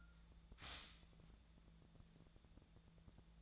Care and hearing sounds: daily activity, microphone in the room; stop toaster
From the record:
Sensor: 3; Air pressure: 1000.3 hPa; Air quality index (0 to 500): 152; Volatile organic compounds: 3 ppm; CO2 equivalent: 1342 ppm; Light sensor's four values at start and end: 38/96/40/44 and 38/97/41/44

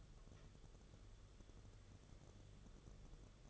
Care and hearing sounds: daily activity, microphone in the room; take from stove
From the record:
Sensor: 4

